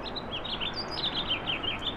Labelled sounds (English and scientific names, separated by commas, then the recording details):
House Finch (Haemorhous mexicanus) song
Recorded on Long Island, New York, on 15 April 2011
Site HE
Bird A